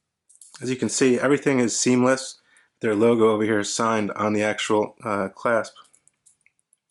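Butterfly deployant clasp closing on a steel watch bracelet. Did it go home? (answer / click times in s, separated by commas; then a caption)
yes / 0.3 s, 0.4 s. The two-button butterfly deployant clasp on the steel bracelet of a REISER Alpen Chronograph watch clicks shut at 0.3 and 0.4 seconds with firm, solid clicks, and the clasp is seated. Someone then talks for the rest of the clip, with a few faint ticks near the end.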